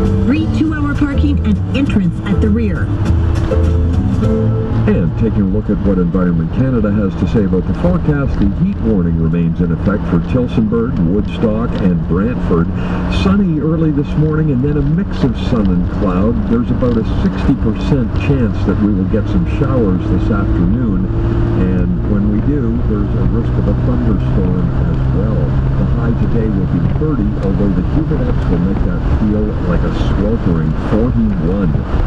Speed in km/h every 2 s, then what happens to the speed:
53, 55, 56, 56, 58, 60, 62, 64, 70, 73, 80, 86, 90, 89, 87, 83.
0-24 speeds up to 90. 24-32 slows to 83.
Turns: none.